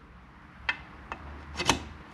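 A crankshaft/balancer shaft ball bearing for a DRZ 400 engine is dropped into its bore in the aluminium crankcase half. It lands with sharp metallic ticks at about 0.7, 1.1 and 1.7 seconds, the last being the loudest. The bearing goes in but is not all the way home.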